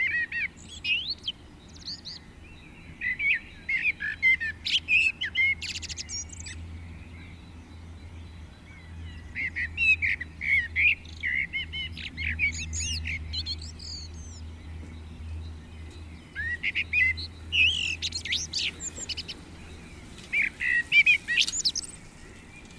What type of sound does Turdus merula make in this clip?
song